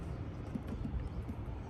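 A metal mounting clip for a plastic Genuine Nissan bonnet protector on a Nissan Patrol Y62 is being pushed onto the bonnet edge, with its top tab over the cutout and its latch meant to engage the hole. Low, rumbling handling noise is heard with a few faint, soft taps. Nothing has seated or clicked yet.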